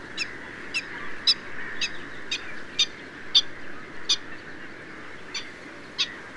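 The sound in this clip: Black-winged stilt giving clear, sharp yelping notes at an uneven pace of about one or two per second, over a steady droning background.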